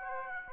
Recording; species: mosquito wingbeat signal from an infrared sensor; Aedes aegypti